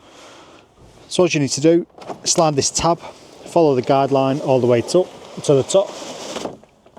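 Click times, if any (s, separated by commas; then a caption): 6.6 s, 6.9 s. Someone talks while the blackout blind on the cab door of a 2026 Burstner B66 690 TD Line motorhome is slid up by its tab along the guide to the top. The tab then locks into its top latch with two short clicks at 6.6 and 6.9 seconds.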